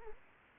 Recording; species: mosquito wingbeat signal from an infrared sensor; Anopheles arabiensis